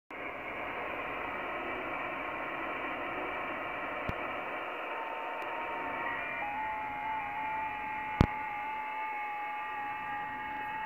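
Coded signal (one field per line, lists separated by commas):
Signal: FT8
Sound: several faint warbling tones layered in hiss, with two brief clicks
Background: radio static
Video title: VP2VB, British Virgin Islands, Caribbean Sea, 14MHz, FT8, Worked by HL2WA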